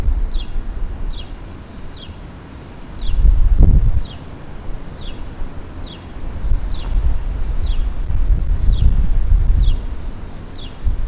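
Bird repeating a high, falling chirp about every second, steady throughout, while gusty wind or rumbling noise rises and falls beneath.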